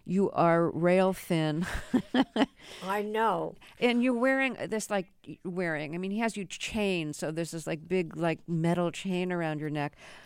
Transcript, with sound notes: You are rail thin (laughter).
I know.
And you're wearing this, like - wearing - I mean, he has you chained. So there's this, like, big, like, metal chain around your neck.